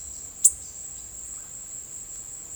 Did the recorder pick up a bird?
no